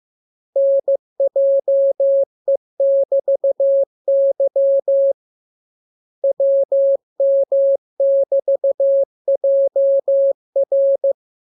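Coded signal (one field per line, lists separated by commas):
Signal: Morse code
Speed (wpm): 15 wpm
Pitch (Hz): 550 Hz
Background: none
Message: NJE<BT>Y WM<BT>JR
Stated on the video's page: Morse lesson 25 with the letters listed. Each radiogram starts with VVV and a section sign and ends with AR.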